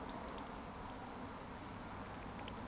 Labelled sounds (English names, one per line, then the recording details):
Eurasian Woodcock whistle
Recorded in Baden-Württemberg, Germany, on 13 June 2020 at 20:38 UTC
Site 14569, 102 m above sea level